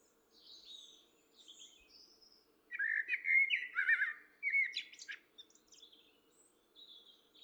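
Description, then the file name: Common blackbird song: soft high twitters first, then a louder run of mellow warbled notes around mid pitch, ending in thin squeaks, over a low constant hum. "Turdus merula"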